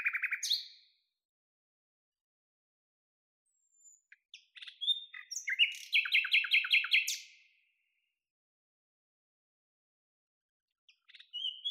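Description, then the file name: Common nightingale song in three bursts with silent gaps, the middle one a varied phrase ending in quick repeated clicking notes. "Luscinia megarhynchos"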